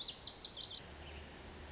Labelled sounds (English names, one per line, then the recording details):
Lazuli Bunting
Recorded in Sonoma County, California